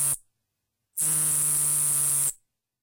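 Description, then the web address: Nebraska conehead katydid giving one sustained high buzz of over a second, following the tail of a previous buzz and a short silence. "Crickets and Katydids. Nebraska Conehead Katydid, Neoconocephalus nebrascensis"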